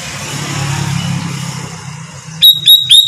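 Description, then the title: Sooty-headed bulbul with three quick, clear whistled notes in a row near the end, over low traffic noise. "Kutilang"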